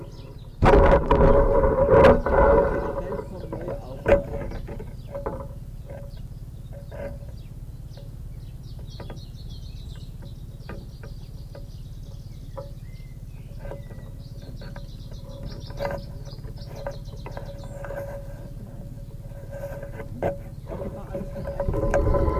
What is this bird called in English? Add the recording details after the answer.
Canary Islands Chiffchaff. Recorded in the wild. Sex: diverse. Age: adult. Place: Privatpark "Chiripa" und Botanischer Garten in Puerto de la Cruz, Teneriffa, Teneriffa, Kanarische Inseln, ES. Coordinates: 28.4094, -16.5447. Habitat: park. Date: 1964-04-28 11:00. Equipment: Nagra III PH, Parabolspiegelmikrophon, LGS26. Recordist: Faber, A. and Schneider, H.-J. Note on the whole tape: Phylloscopus canariensis (inzwischen eigene Art). Gesänge mit Schlußbeschleunigungen. Weibchen-Lock- bzw. Warnrufe